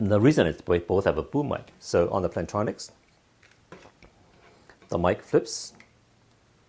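Someone talks while handling the boom microphone arm on a Plantronics Voyager Focus wireless headset, flipping it toward its detent on the earcup. Between about 3.4 and 4.7 seconds there are a few faint, short handling taps. The arm has not clicked into place yet.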